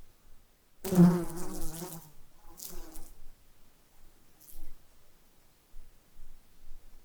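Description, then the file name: Fly wing buzz: a droning hum sweeps in loudly for over a second, returns briefly, then gives way to soft, intermittent rustling. Buzzing while flying close to the microphone. "fly buzz around close to mic"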